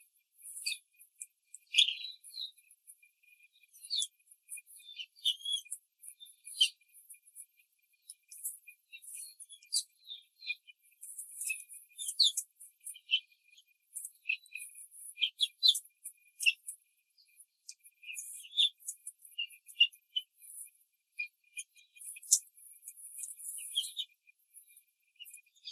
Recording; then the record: young laying hens in a cage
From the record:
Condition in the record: control cage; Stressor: none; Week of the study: 5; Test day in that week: 1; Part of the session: 2